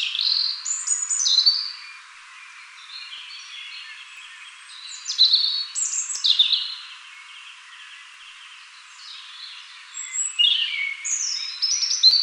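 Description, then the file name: European robin song: a run of high, sweet, tumbling phrases mixing clear whistles and fast twittering trills, separated by short quiet gaps. "Erithacus rubecula"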